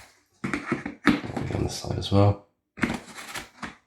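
Someone talks while handling a detachable foam wing against the side of a Haohan Firefly FPV fixed-wing cruiser's fuselage, with soft handling and rustling sounds between the words. Nothing has seated or clicked yet; the wing's plastic clip has not latched.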